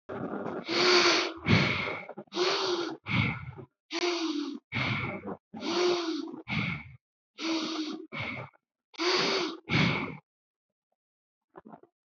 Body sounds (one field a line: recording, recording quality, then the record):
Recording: shallow breathing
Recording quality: poor, much background noise or distortion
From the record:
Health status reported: healthy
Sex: male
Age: 30 years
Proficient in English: yes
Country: India